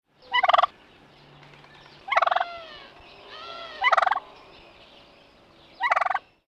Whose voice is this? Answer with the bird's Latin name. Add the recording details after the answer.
Meleagris gallopavo. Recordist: Tembrock, Günter. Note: Lautfolgen